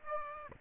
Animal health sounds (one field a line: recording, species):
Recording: mosquito wingbeat signal from an infrared sensor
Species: Aedes aegypti